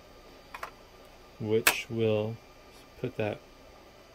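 A plastic latch arm on a server GPU riser card holding a Tesla K80 in a Dell PowerEdge R720 is pushed down after the riser is locked into place, swinging the arm out into the support bracket on the other side of the chassis. Two sharp clicks come in quick succession at about 0.6 seconds, and then someone talks. The latch arm locks and the riser is seated.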